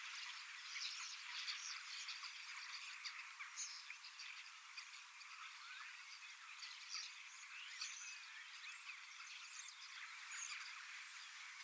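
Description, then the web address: Massed common starling song, a thick continuous chatter with sharp high whistles popping out every few seconds above the babble. Large flock of young starlings practising their song in preparation for next spring; recorded 25 August 2026 in Finland. "paivat 25 8 2026 iso kottaraisten nuorisoparvi valmistautuu ensi kevaaseen lauluharjoittelemalla"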